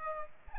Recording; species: mosquito wingbeat signal from an infrared sensor; Aedes aegypti